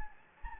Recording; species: mosquito wingbeat signal from an infrared sensor; Anopheles gambiae